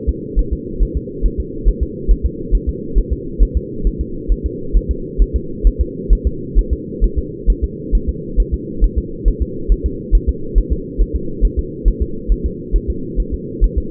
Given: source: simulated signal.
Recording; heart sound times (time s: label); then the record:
fetal heart sounds
0.09 s: S2
0.39 s: S1
0.53 s: S2
0.83 s: S1
0.97 s: S2
1.26 s: S1
1.40 s: S2
1.68 s: S1
1.83 s: S2
2.11 s: S1
2.25 s: S2
2.55 s: S1
2.69 s: S2
2.98 s: S1
3.13 s: S2
3.43 s: S1
3.57 s: S2
3.87 s: S1
4.01 s: S2
4.32 s: S1
4.46 s: S2
4.77 s: S1
4.91 s: S2
5.22 s: S1
5.36 s: S2
5.67 s: S1
5.81 s: S2
6.13 s: S1
6.27 s: S2
6.58 s: S1
6.73 s: S2
7.04 s: S1
7.18 s: S2
7.50 s: S1
7.64 s: S2
7.95 s: S1
8.09 s: S2
8.40 s: S1
8.54 s: S2
8.84 s: S1
8.98 s: S2
9.28 s: S1
9.42 s: S2
9.72 s: S1
9.86 s: S2
10.15 s: S1
10.29 s: S2
10.58 s: S1
10.72 s: S2
11.01 s: S1
11.16 s: S2
11.45 s: S1
11.59 s: S2
11.88 s: S1
12.02 s: S2
12.32 s: S1
12.46 s: S2
12.76 s: S1
12.90 s: S2
13.20 s: S1
13.34 s: S2
13.64 s: S1
13.78 s: S2
From the record:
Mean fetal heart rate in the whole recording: 135 bpm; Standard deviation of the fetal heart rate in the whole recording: 3 bpm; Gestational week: 36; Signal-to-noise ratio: -4.3 dB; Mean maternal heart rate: 72 bpm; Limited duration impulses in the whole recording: present